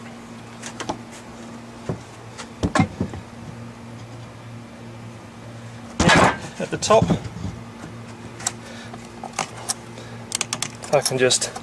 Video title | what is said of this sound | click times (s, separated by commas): АКПП 5hp19 бмв часть 12. (разбор АКПП, сборка часть 3) | just push and rotate and you can see now everything just clicks into place very nicely at | 2.6 s, 2.8 s